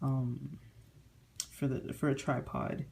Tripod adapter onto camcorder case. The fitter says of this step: so you can adapt it to a tripod you can just stick this over it clicks right in and then if you have